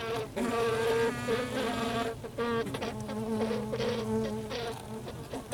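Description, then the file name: Honey bees buzzing loudly in the hive, a dense, rich, continuous hum with shifting tones and brief dips throughout. Recorded inside a beehive. "Ruche Interieur"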